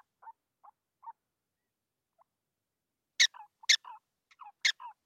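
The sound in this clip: Prairie dog calls: a few faint soft squeaks, then three loud sharp chirping barks, each followed by a short lower note.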